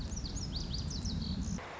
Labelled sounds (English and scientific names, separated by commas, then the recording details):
Lazuli Bunting (Passerina amoena)
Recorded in Sonoma County, California